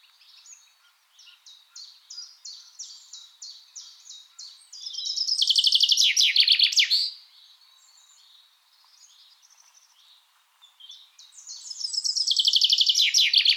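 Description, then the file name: Common chaffinch gives two loud rattling songs after a series of repeated short chirps; the first falls in pitch to a flourish. "Fringilla coelebs"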